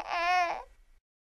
FX Baby Crying Sound Effect.